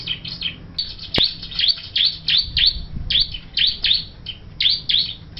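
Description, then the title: Bar-winged Prinia giving bright, downward-slurred chirps, often paired, in a brisk irregular series; a single sharp click sounds early on. "Suara Burung Ciblek"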